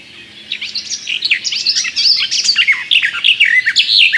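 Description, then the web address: Garden warbler song, a hurried, babbling warble of many short slurred and chirping notes. "Przyroda Ptaki Gajówka"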